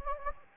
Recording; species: mosquito wingbeat signal from an infrared sensor; Anopheles gambiae